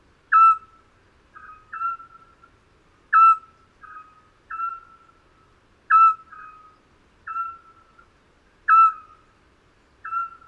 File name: Eurasian Scops Owl Hooting of three males